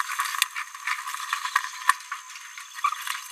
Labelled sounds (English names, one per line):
Green-rumped Parrotlet babbling